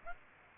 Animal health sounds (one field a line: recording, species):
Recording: mosquito wingbeat signal from an infrared sensor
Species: Aedes aegypti